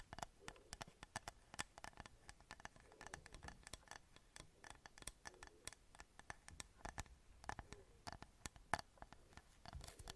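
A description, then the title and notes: Glass being tapped in quick, irregular bursts, a dense scatter of sharp, bright clicks through the whole ten seconds with no real pauses. The taps sound dry, with a faint low murmur underneath. ASMR Glass Tapping for Sleep.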